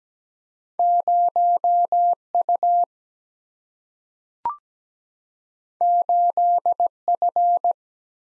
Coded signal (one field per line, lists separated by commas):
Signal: Morse code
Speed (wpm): 17 wpm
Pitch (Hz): 700 Hz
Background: none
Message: 0 U 8 F